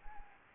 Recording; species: mosquito wingbeat signal from an infrared sensor; Anopheles gambiae